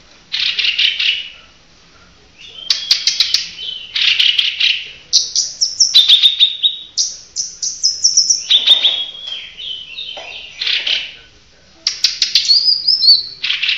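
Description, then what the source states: Oriental magpie-robin singing, a varied run of sweet whistles, rising and falling slurs and buzzy chattering bursts, delivered in phrases separated by short pauses. Chirping song, from a recording lasting over an hour.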